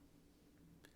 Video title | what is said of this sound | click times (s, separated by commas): How To Change A 2013 - 2016 Audi A6 Remote Fob Key Battery - Remove Replace A6 Key Flip Batteries | Slide that in until it clicks. | 0.9 s